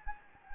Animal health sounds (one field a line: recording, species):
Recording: mosquito wingbeat signal from an infrared sensor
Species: Anopheles gambiae